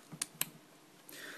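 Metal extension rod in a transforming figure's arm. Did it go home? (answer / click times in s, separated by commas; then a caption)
yes / 0.2 s, 0.4 s. A small metal rod in the arm of a First Edition Starscream Prime MSL transforming figure is pulled out until it locks into place, and the same is done with the other arm. Two sharp, bright clicks ring out at 0.2 s and 0.4 s, followed by a faint tick near 1.1 s and soft hiss. Both rods lock into position.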